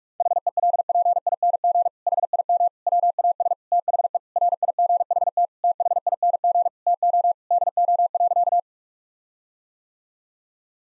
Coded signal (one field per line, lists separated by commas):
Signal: Morse code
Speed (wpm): 46 wpm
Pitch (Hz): 700 Hz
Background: none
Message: HELPING HIM WAS THE RIGHT THING TO DO.